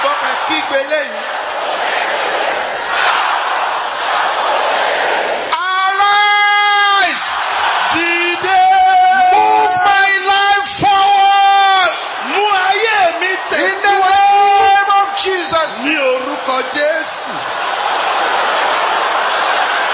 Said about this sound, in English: Power, agbara that promoted Joseph. Power, agbara that promoted David. Can I hear you shouting that?